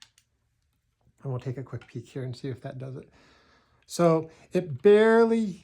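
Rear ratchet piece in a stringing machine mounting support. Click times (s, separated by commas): 0.0 s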